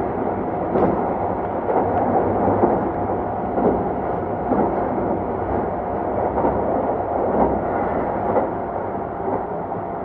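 A Keikyu 2100 series train running between Yokohama and Misakiguchi gives a steady low rumble with regular rail clicks about every second.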